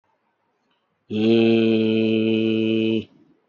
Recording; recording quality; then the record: sustained vowel as in made; excellent, no background noise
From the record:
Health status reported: healthy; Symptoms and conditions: none ticked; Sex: male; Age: 57 years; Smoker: not ticked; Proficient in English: yes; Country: India